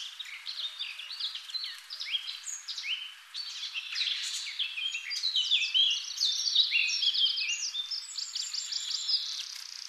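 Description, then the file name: Eurasian blackcap song: a rapid, continuous high warble of varied chirps, trills and scratchy notes that grows busier and louder after a brief dip. "Sylvia atricapilla"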